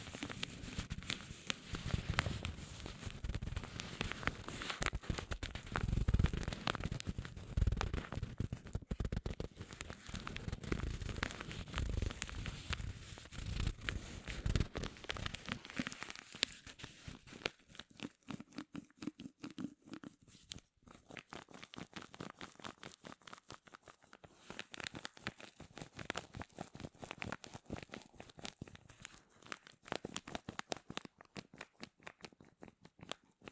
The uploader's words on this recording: Rubbing and Crinkles (NO TALKING).